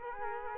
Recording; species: mosquito wingbeat signal from an infrared sensor; Culex quinquefasciatus